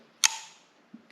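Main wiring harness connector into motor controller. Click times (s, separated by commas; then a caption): 0.2 s. The large main wiring harness connector is pressed hard into the top of a Torp motor controller on a Surron e-bike. It snaps home with one sharp, bright click at 0.3 s that rings off over about a quarter second, followed by a couple of faint soft taps near 0.9 and 1.1 s. The connector is fully seated.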